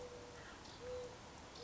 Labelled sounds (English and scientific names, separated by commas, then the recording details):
Mourning Dove (Zenaida macroura)
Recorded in Sonoma County, California